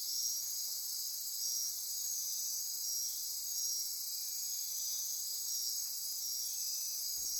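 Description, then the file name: Continuous insect chorus, bright high-pitched trilling and buzzing that never pauses, with a brief low thump near the end. Insect chorus recorded at midnight near Corcovado. "Wind-is-the-Original-Radio-Fridays 20240628 Andy-Martin Midnight-Insect-Chorus-Near-Corcovado"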